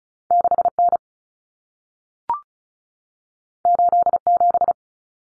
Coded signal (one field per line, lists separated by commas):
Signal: Morse code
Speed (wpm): 36 wpm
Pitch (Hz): 700 Hz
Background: none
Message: 6N 87